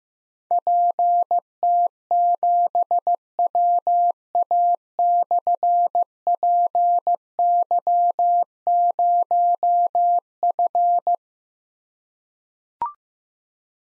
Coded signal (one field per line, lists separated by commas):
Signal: Morse code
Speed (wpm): 15 wpm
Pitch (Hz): 700 Hz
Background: none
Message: PT7WA/PY0F